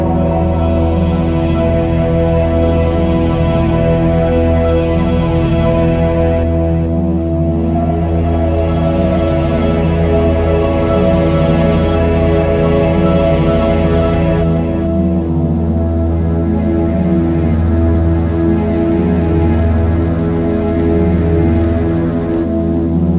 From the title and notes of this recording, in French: Au son des lacs #2 - le lac du Fischboedle. Le Fischboedle est un lac d'origine glaciaire surplombé par le Spitzkoepfle dans la forêt de la Wormsa. Le son du lac du Fischboedle.